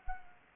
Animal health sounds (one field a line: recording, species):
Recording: mosquito wingbeat signal from an infrared sensor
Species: Anopheles arabiensis